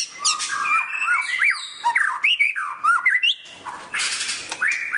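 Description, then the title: Oriental magpie-robin song: varied whistled phrases, rising and falling slurs mixed with harsh scratchy notes. "Kicau Kacer"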